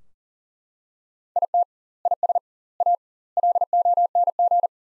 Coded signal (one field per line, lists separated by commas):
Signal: Morse code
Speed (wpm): 40 wpm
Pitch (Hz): 700 Hz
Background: none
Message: IT IS A LONG